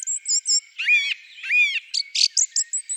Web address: Turdus philomelos